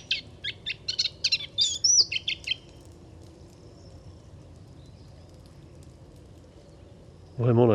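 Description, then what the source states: Moustached warbler sings a brief burst of chirps and a whistled slur, then falls silent; a loud low rustling noise comes at the very end. Singing in a reedbed along Chemin de Fangassier, Camargue, 23 March 2019; no wind; bird hard to see in the reeds; recorded with Wildtronic parabola, MKH8020 microphone and MixPre-3.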